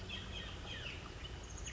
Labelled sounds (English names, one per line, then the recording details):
Chestnut-backed Chickadee
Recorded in Sonoma County, California